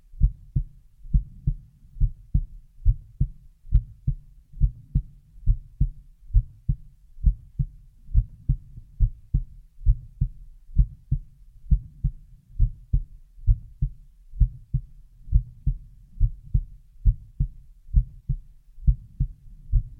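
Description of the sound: Steady, soft low thumps at about 68 beats a minute, each beat a paired lub-dub, with a quiet background and no voices: heartbeat sounds only. A regular adult heartbeat at a resting rate, heard close up.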